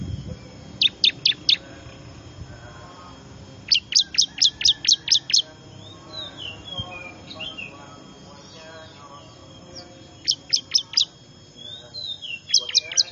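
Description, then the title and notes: Bar-winged prinia calls: several bursts of a few sharp, high chirps, with softer twittering between them. Lure call played to attract wild birds, described as most effective; local name ciblek; small noisy birds. "Suara Pikat Burcil Ribut Paling Ampuh Ngabisin Burung Liar Ini. ciblek"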